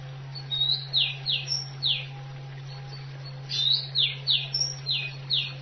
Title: Kicau Kacer